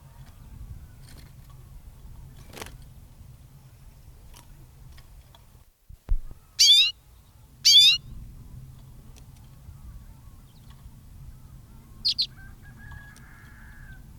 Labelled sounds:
Common Redpoll call
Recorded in captivity
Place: Putgarten, Insel Rügen, Mecklenburg-Vorpommern, DE
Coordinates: 54.678, 13.427
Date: 1978-01-08
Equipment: Nagra III BH, Sennheiser MD 21, parabola
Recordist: Schubert, Michael
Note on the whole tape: Gekäfigter Birkenzeisig (Carduelis f. flammea) natürliches Locken

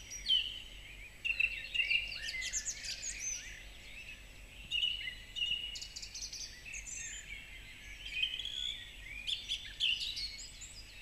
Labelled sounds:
Song Thrush song
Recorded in the wild
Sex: male
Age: adult
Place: Marburg, Hessen, DE
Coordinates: 50.8089, 8.76861
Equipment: Uher 4100 Report-V, Sennheiser MKH 804
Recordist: Brunner, Thomas

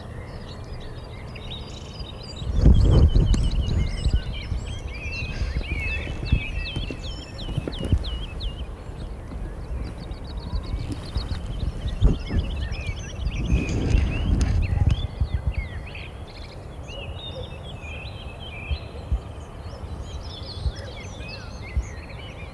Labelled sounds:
Wood Lark song
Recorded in the wild
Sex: male
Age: adult
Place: Gosener Berge, Berlin, DE
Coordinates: 52.3842, 13.6947
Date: 1990-04-13 19:04
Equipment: Riporter 6 RG-K, Halbspur, Sennheiser MKH 416 T
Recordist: Frommolt, Karl-Heinz

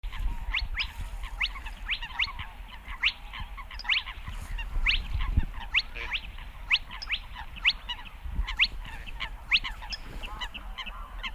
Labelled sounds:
Spotted Crake
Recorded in the wild
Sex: male
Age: adult
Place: Kützerhof, Kummerower See, Mecklenburg-Vorpommern, DE
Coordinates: 53.8453, 12.8408
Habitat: wetland
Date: 2009-05-05 21:34
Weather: bewölkt, fast windstill, 10°C
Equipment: Sound Devices 702, Sennheiser MKH 70, Rycote Windschutz
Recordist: Frommolt, Karl-Heinz

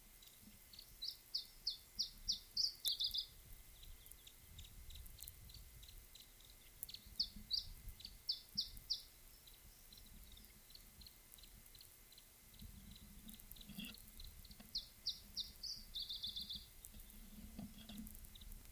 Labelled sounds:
Iberian Chiffchaff
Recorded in the wild
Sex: diverse
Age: adult
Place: Bei Lanestosa, Nordspanien, Baskenland, ES
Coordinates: 43.2333, -3.43333
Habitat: mountain side
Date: 1964-05-05 13:40
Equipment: Nagra III PH, Parabolspiegelmikrophon, LGS26
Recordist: Sapper and Schneider, H.-J

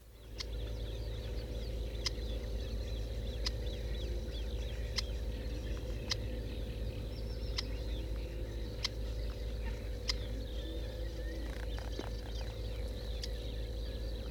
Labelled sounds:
Aquatic Warbler call
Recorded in the wild
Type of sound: call
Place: Rietzer See, Brandenburg, DE
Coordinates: 52.37, 12.65
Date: 1968-06-16
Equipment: NAGRA III BH, Sennheiser MD21 mit Reflektor (d=75 cm, Glasfiber) und Stativ
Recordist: Schubert, Michael
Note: Seggenrohrsänger warnt am Nest, evtl. das Männchen

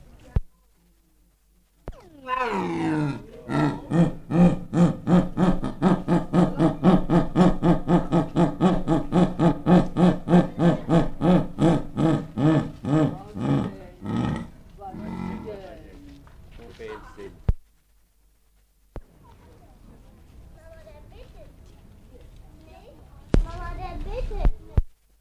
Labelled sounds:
Jaguar
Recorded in captivity
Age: adult
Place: Zoo Berlin, Berlin, DE
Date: 1959-08-14 10:45
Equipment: Reporter (Vollspur)
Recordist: TSA
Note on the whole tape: Einzelrufe, Rufreihe (Anfang fehlt), Brummen und Einzelrufe (letzte evtl. Beginn einer Rufreihe, durch wieherndes Pferd unterbrochen). Abstand 2-4 m

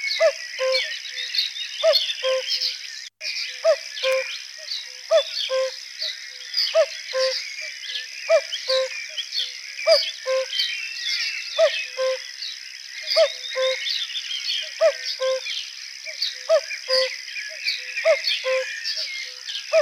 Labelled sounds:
Common Cuckoo song
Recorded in the wild
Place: Flögelner See, Schleswig-Holstein, DE
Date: 1985-05-17
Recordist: Schwarz, Dieter

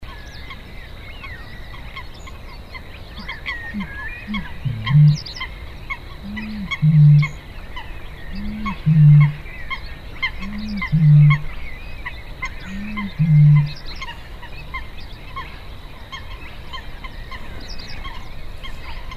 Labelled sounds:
Great Bittern
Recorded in the wild
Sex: male
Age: adult
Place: Warsow, Kummerower See, Mecklenburg-Vorpommern, DE
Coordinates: 53.8342, 12.8322
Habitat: wetland
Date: 2013-04-26
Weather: cloudy, weak winds, 5°C
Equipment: Sound Devices 702, Sennheiser MKH 70, Rycote Windschutz
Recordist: Frommolt, Karl-Heinz
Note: Eine Rufreihe einer Rohrdommel

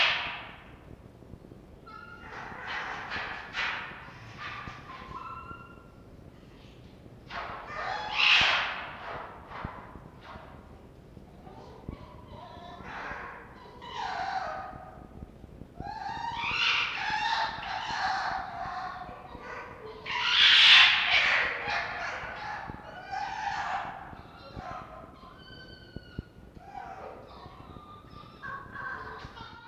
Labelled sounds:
Red Fox
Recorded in captivity
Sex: group
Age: adult
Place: Zoologisches Institut der HUB, Berlin, DE
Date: 1952-03-21 18:00
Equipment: Elmetra
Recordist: Tembrock, Günter

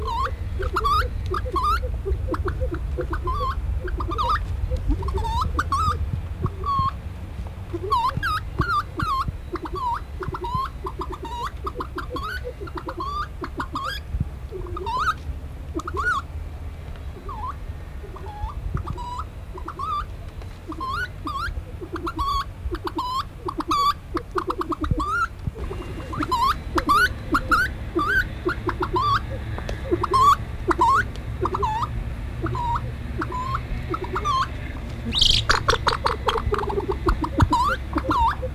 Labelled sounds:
Reeves's Pheasant call
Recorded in captivity
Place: Bergzoo Helmarshausen, Hessen, DE
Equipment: Halbspur, 9,5 cm/s
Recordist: Lütgens, Hans
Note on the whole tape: Umherlaufend, etwas erregt

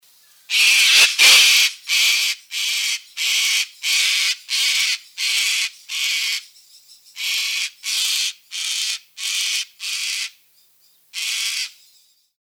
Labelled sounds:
Sulphur-crested Cockatoo
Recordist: Tembrock, Günter
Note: Rufe mit Flügelanheben

